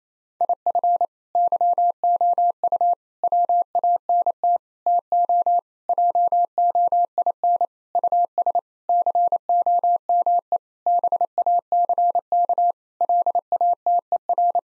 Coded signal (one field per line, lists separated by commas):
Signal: Morse code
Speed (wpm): 28 wpm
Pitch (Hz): 700 Hz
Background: none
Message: IF YOU WANT TO JOIN US COME BACK LATER